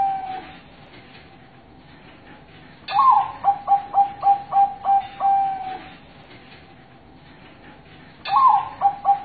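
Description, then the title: Zebra dove repeating its song: a crisp first note, a rapid series of gentle coos, a lingering last note, then the next phrase beginning. Masteran (tutor) recording of a zebra dove, used to train other perkutut. "Suara Perkutut"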